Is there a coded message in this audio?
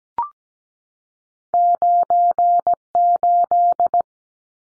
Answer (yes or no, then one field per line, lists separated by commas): yes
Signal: Morse code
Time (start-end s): 1.5-4.0 s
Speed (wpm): 17 wpm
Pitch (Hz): 700 Hz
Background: none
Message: 98